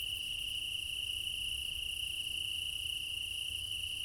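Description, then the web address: Crickets in a dense night chorus, a steady unbroken high trill with a shimmering higher band above, no pauses, faint low rumble beneath. Meadow at night in Crimea in summer; quad ambience recorded with ORTF microphone pair offset by 3 m, front pair. "Alexander Kopeikin - Quad ambience of Crimea in summer 20 meadow night ambience, crickets, ortf offset by 3 m, front"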